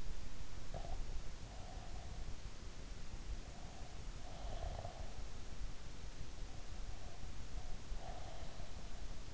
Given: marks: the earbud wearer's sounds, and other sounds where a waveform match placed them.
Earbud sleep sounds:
sounds in sleep by an in-ear microphone; breath
0.63-2.39 s: breath
3.30-5.38 s: breath
6.42-9.34 s: breath

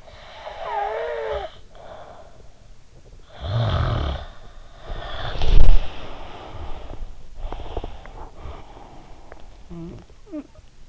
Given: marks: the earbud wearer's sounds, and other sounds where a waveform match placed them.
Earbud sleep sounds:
sounds in sleep by an in-ear microphone; snoring breath, body movement
0.00-2.40 s: snoring breath
3.24-7.10 s: snoring breath
4.81-7.25 s: body movement
7.41-10.89 s: snoring breath

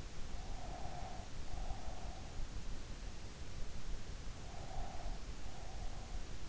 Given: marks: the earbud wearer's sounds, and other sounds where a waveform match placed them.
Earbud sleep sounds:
sounds in sleep by an in-ear microphone; breath
0.13-2.66 s: breath
4.29-6.49 s: breath

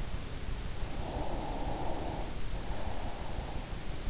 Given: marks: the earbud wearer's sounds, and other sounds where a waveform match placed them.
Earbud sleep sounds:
sounds in sleep by an in-ear microphone; breath
0.63-3.87 s: breath

